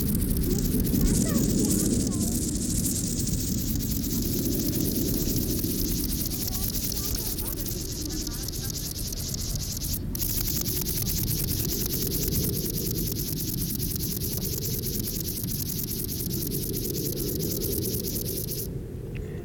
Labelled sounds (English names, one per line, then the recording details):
Field Grasshopper stridulation
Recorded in the wild
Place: Karower Teiche, Naturpark Barnim, Berlin, DE
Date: 1992-09-27 11:45
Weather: sonnig, 17-22 °C
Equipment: Marantz CP 430, Sennheiser ME 80, Kopie Tesla B 116
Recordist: Tembrock, Günter